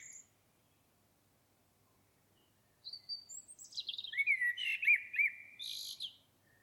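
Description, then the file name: Common blackbird giving thin high notes followed by a looping, mellow warble that breaks into a squeaky, scratchy twitter. "Turdus merula"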